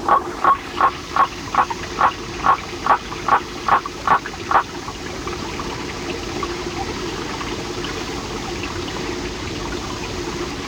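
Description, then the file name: Waterfall Frog giving a rapid run of short, evenly spaced notes for about four seconds, then falling silent, leaving only steady rushing water. "Litoria nannotis"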